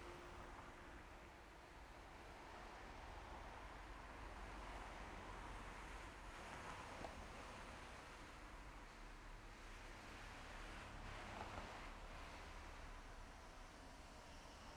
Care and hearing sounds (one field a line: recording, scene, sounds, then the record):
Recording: everyday scene through a hearing-aid microphone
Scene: in traffic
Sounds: traffic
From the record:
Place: main road on the outskirts, rush hour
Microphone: behind the ear, left, front